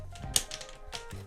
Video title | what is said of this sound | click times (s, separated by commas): ROKR Marble Spaceport Marble Run Step-by-Step Assembly Guide | that just like that heard the little clicks there there we go check out that track | 0.4 s